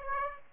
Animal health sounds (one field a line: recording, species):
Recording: mosquito wingbeat signal from an infrared sensor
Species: Aedes aegypti